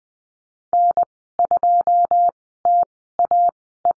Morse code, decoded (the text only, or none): N2TAE